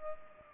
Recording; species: mosquito wingbeat signal from an infrared sensor; Culex pipiens